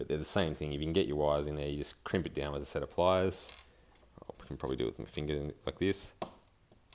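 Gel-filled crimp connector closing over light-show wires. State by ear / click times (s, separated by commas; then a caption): seated / 6.9 s. Someone talks while pressing a small three-wire gel-filled irrigation crimp connector shut by finger over thin pixel wiring for a light show, with faint handling ticks around 4.2–4.4 s. The connector pops closed and seats at 6.9 s.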